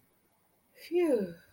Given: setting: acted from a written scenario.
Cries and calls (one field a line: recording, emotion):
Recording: vocal sound without words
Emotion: serenity